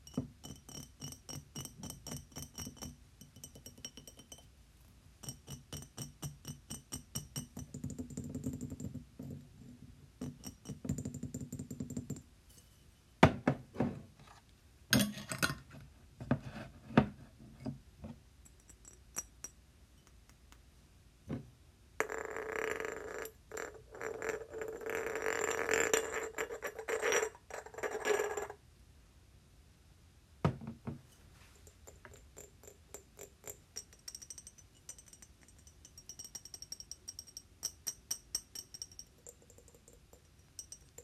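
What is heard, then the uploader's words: Glass is tapped and scratched, with fast clusters of bright clicks and clinks throughout. Around 22 to 28 seconds a denser, louder scraping passage takes over, with sharper single taps near 13, 15 and 31 seconds. 𝑔𝑙𝑎𝑠𝑠 𝐴𝑆𝑀𝑅 ( 𝑛𝑜 𝑡𝑎𝑙𝑘𝑖𝑛𝑔 ). 𝑔𝑙𝑎𝑠𝑠 𝑎𝑠𝑚𝑟 ・ 𝑡𝑎𝑝𝑝𝑖𝑛𝑔 ・ 𝑠𝑐𝑟𝑎𝑡𝑐ℎ𝑖𝑛𝑔 ・ 𝑙𝑜𝑓𝑖 𝑔𝑙𝑎𝑠𝑠 𝑠𝑜𝑢𝑛𝑑𝑠.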